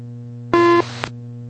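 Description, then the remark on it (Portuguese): A single short electronic beep, a steady tone of about a quarter second with bright harmonics, rising over a constant low radio hum and followed by a brief click, heard on an air traffic control radio frequency at Salvador. “Bip checado, Força Aérea 361”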